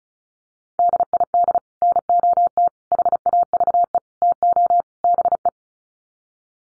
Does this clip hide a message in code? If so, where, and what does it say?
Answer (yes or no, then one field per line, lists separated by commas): yes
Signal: Morse code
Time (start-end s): 0.8-5.5 s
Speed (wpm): 34 wpm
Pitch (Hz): 700 Hz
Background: none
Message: DID NOT HAVE TO BE